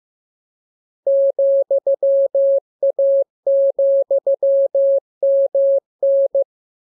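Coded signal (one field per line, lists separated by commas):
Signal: Morse code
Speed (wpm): 15 wpm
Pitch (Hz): 550 Hz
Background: none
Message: ,A,MN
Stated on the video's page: Morse receiving lesson covering letters and punctuation; radiograms begin with VVV and a section sign and end with AR.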